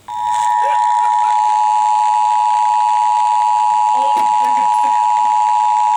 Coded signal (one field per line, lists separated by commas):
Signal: Emergency Alert System (SAME) tones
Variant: 853 and 960 Hz attention tone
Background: speech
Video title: MOUNTAIN VIEW... EAS Alerts from 5/3/22 (EAS #6,789 - 6,800)